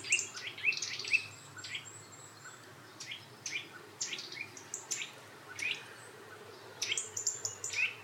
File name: Sitta europaea